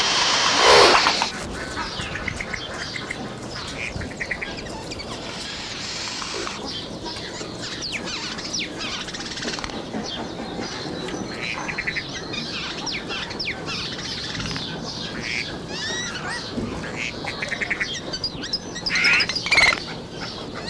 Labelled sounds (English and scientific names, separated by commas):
Eurasian Jay (Garrulus glandarius) call